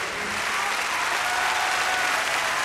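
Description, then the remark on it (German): A concert audience at the 1981 concert series in Pantin applauding steadily, a dense wash of many hands clapping at a constant loud level with no voices rising above it. “1981 bei der legendären Konzertreihe im Pantin kulminiert diese Beziehung zum Publikum zum rauschenden Fest.”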